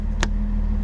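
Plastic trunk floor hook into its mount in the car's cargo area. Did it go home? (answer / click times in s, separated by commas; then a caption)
yes / 0.2 s. A plastic hook that holds the removable trunk floor panel in a BMW's cargo area is pressed into its mounting position. A single sharp, loud snap rings out at 0.2 s over a steady low hum, and the hook is seated in place.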